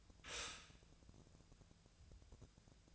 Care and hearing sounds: daily activity, microphone in the room; stop toaster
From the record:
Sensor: 2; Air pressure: 1000.0 hPa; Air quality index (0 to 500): 148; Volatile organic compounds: 2 ppm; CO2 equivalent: 1254 ppm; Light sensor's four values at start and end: 26/65/28/30 and 26/65/28/30

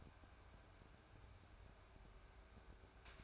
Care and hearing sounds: daily activity, microphone in the room; take from stove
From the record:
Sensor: 2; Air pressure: 1010.2 hPa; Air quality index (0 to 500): 161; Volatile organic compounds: 7 ppm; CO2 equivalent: 2018 ppm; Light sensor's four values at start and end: 41/99/44/50 and 42/101/45/51

